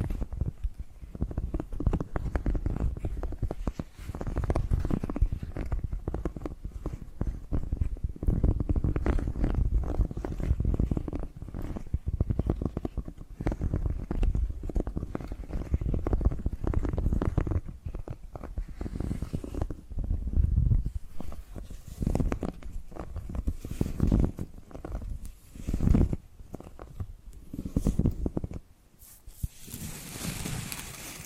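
Dense tapping and scratching sounds play almost continuously, with quick irregular strokes that sound low and muffled, almost like rumbling. The pace stays busy throughout, briefly thinning near the end, where a brighter, hissier scratch takes over.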